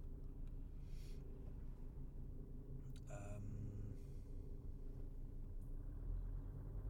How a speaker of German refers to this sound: Jetzt stehe ich auch im Stau oder so.